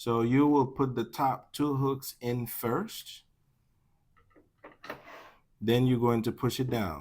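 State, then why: Not seated. Someone talks while the top two hooks on the back of a monitor are fitted into the monitor stand, with a few faint handling knocks during a pause around 4.2 and 4.8–4.9 seconds. The monitor is only being lined up before it is pushed down, and nothing has seated or clicked yet.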